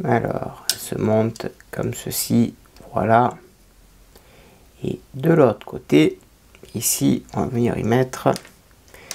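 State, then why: Not seated. Someone talks while assembling the engine of a 1/8 scale Nissan Skyline GT-R model, having just fitted the first pulley and now bringing a small plastic pulley to its peg on the other side of the engine front. Only speech and light handling noises are heard, with a brief tap near the end at 9.1 s. The pulley has not yet been pushed home, and nothing has seated or clicked yet.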